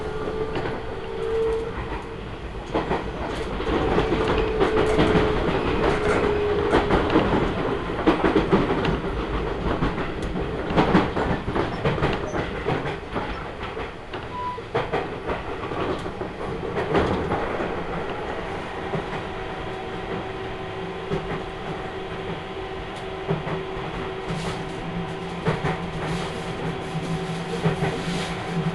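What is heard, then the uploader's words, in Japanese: A Seibu Railway train rolls along with a steady, dense rumble and frequent rattling clicks from the wheels and cars. Brief whining tones appear in the first seconds, and after about eighteen seconds the ride settles into a smoother, slightly quieter hum. 耳で楽しむ鉄道旅 西武鉄道 本川越→東村山→小川→萩山→青梅街道。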